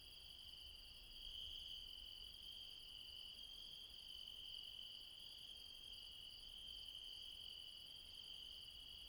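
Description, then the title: Continuous insect chorus of high, even trills in several layers, little else audible apart from a faint low hiss. Late night insects in the mountains at Refuge Krevatia, Barbala, Dion, Greece. "Refuge Krevatia, Μπαρμπαλά, Dion 601 00, Greece - Late night mountain insects"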